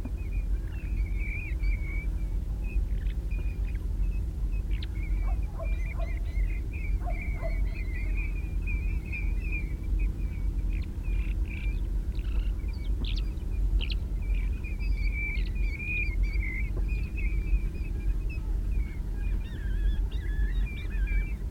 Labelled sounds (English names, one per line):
European Golden Plover call